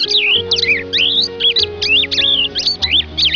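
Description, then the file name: Bird calls, many quick whistled and chirping notes sliding up and down in a busy tangle, over steady low tonal humming. "niaochaojiao"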